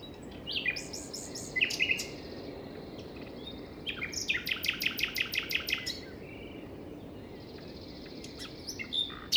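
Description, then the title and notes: Common nightingale song: rising whistles and a scratchy phrase, then a loud fast series of clicking pulses, a quiet gap and final high notes, amid wind. Singing beside a path on the Plateau de Lesches en Diois, France, 21 May 2019 at 5:05 am; windy; stereo, Nagra Seven recorder with MKH40 microphones. "Plateau de Lesches en diois. un rossignol en bord de chemin"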